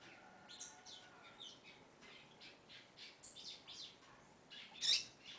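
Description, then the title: Double-collared seedeater song, a faint run of quick high buzzy and twittering notes, with one louder sharp note near the end over a steady hiss. "Canto Coleiro"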